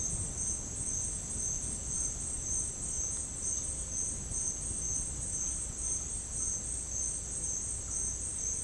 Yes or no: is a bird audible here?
no